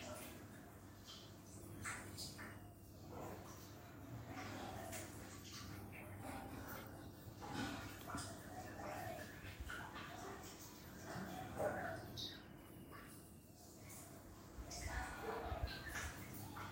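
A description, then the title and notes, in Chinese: Early-morning ambience in a hometown: a steady low hum sits under scattered activity, with faint voices and what may be a dog barking now and then. Short clicks and knocks come irregularly throughout, slightly louder around the middle and end. Sounds of My Kampung。在我家乡的清早环境音。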